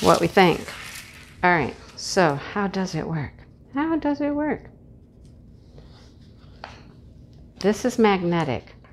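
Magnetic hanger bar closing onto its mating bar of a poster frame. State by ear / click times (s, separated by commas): not seated / none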